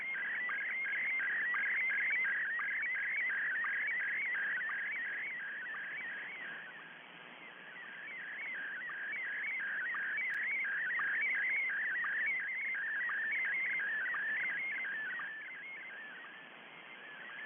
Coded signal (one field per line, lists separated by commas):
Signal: SSTV (slow-scan television)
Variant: Scottie DX